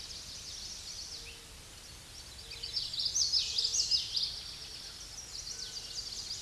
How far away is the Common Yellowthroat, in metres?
about 20 m